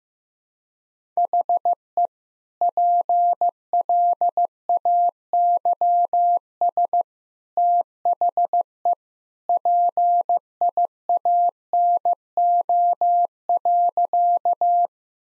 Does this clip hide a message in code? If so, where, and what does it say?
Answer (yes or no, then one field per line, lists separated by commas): yes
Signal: Morse code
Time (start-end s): 1.2-14.9 s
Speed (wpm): 15 wpm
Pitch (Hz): 700 Hz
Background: none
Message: HE PLAYS THE PIANO.